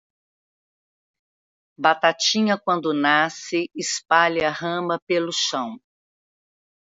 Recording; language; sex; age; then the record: short text; Brazilian Portuguese; female; 60 to 69 years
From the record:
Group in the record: control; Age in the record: 66 years